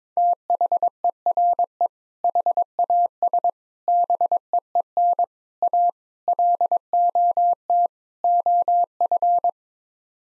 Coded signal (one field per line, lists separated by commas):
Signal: Morse code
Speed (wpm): 22 wpm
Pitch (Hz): 700 Hz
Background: none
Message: THERE HAS BEEN A LOT OF